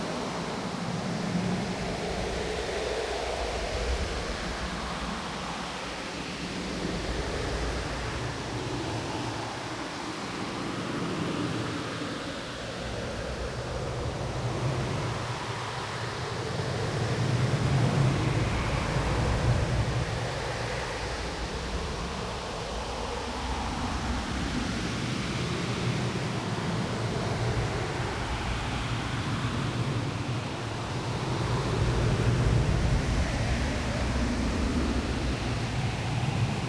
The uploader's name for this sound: An Extra Windy Day